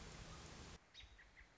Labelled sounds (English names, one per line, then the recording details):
American Robin
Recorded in Sonoma County, California